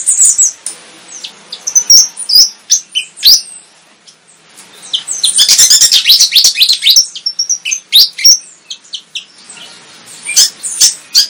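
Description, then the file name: Flycatcher song: sharp high whistles and clicks alternating with dense, energetic bursts of rapid twittering notes. Indonesian 'tembakan' (rapid-fire burst) song style; bird described as 'gacor', singing vigorously. "suara tembakan sikatan jawa gacor"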